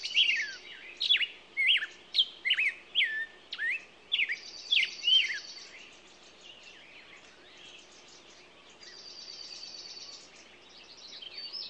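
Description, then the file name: Songbirds giving a series of short swooping whistles for several seconds, then quieter high trills and buzzy phrases carrying on behind. Morning songbirds. "Echoes Of Nature-Morning Songbirds"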